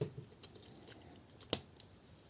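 A plastic canopy piece with a front tab is worked into the fuselage of a toy transforming jet, Toynami's Loot Crate exclusive Spec Ops VF-1J Valkyrie. Faint plastic ticks and rubbing lead up to one sharp, loud snap at 1.5 s as the canopy locks into place.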